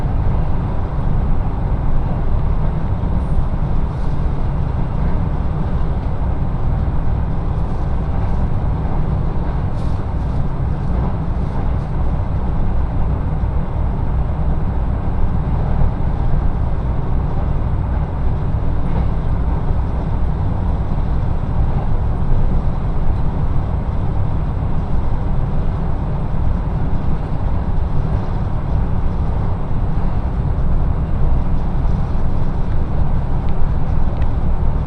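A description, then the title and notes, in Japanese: Steady rumble of a train ride on the Echigo Tokimeki Railway, a dense low roar with an even level throughout. Faint high clicks and rattles flicker over it, most often in the first twelve seconds, with no distinct louder events. 耳で楽しむ鉄道旅 えちごトキめき鉄道 高田→直江津→糸魚川。ディーゼルカー1両で足りてしまいます。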